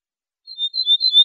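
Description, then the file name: Ortolan bunting song fragment: a brief run of high thin whistled notes, clipped short at the end. "suara kicauan ortolan"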